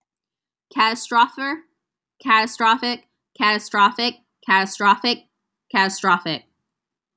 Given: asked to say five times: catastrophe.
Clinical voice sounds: repeated word; female; 20 to 29 years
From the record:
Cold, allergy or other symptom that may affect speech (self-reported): no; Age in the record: 24 years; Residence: Texas, United States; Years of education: 16

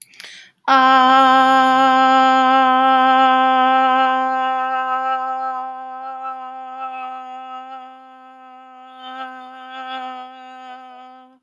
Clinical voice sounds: vowel held as long as possible; female; 20 to 29 years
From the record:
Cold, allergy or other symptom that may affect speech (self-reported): no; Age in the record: 28 years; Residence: West Virginia, United States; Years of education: 16

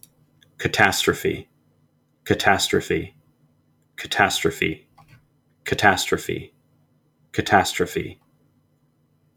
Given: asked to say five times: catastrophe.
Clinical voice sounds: repeated word; male; 30 to 39 years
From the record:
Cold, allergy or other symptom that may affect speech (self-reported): no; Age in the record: 32 years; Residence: Virginia, United States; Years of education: 12

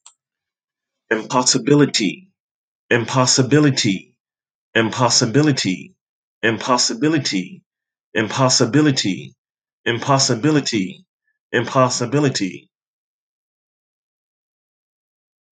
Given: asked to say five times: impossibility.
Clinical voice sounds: repeated word; male; 50 to 59 years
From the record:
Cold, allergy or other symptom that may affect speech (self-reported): no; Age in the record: 54 years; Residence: Nevada, United States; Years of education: 14

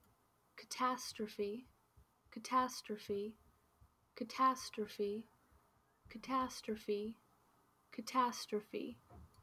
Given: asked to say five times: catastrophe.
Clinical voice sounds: repeated word; female; 20 to 29 years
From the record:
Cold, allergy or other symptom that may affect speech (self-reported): no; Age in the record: 21 years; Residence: Washington, United States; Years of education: 14

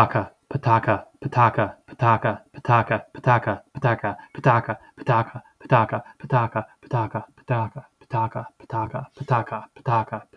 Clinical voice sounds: repeated syllables /pa ta ka/; male; 30 to 39 years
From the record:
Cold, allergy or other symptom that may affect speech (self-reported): no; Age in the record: 34 years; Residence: Ohio, United States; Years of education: 16

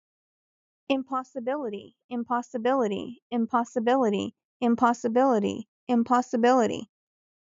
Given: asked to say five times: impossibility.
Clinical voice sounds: repeated word; female; 30 to 39 years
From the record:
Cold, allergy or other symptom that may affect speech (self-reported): no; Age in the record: 38 years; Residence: Ohio, United States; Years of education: 12

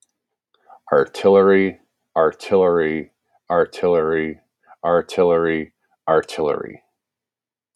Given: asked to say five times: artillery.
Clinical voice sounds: repeated word; male; 40 to 49 years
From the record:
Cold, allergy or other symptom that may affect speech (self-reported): no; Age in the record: 45 years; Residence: Texas, United States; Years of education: 16

